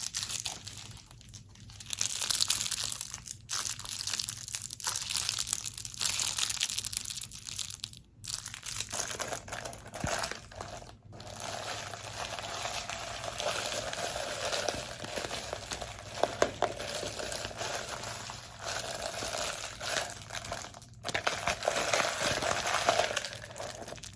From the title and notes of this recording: ASMR Fast Paced Squishy + Crinkly Triggers.